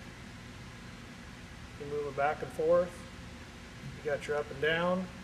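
A rifle on a tripod rail mount is tilted up and down while someone talks over a steady low background hum. The tripod head's tilt lock is handled but has not yet locked into place, and nothing has seated or clicked by the end of the clip.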